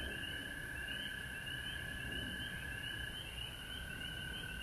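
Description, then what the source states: Frog chorus, continuous high trilling with repeated fluttering notes in an upper band, going on without pause over a low rumble. Recorded at home in Georgia on March 19, 2020.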